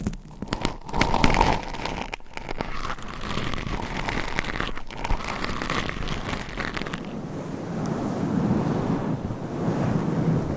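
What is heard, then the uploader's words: Microphone scratching fills the first seven seconds: a dense, crackly rasp with sharp scrapes and brief dropouts, loudest near the start. Around seven seconds the sound changes to a duller, low rumbling rub, like wind buffeting the mic, which continues steadily to the end. ASMR Mic Scratching That Changes Every 20 Seconds ASMR for ADHD - No Talking.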